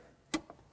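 The folding steering wheel of a 1955 Mercedes-Benz 300SL Gullwing Coupe is pushed back up into its driving position on the steering column. Its metal latch locks with a sharp, bright click at 0.3 s, followed by a fainter tick at 0.5 s. The wheel snaps into place and is seated.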